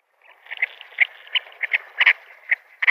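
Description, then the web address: Chestnut-bellied sandgrouse calling, a continuous run of quick guttural chuckling notes with several louder, sharper notes at irregular intervals. "Schulze Peter Chestnut-bellied Sandgrouse"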